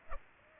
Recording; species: mosquito wingbeat signal from an infrared sensor; Aedes aegypti